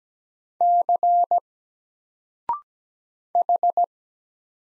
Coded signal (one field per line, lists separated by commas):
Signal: Morse code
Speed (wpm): 17 wpm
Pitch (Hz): 700 Hz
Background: none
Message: C H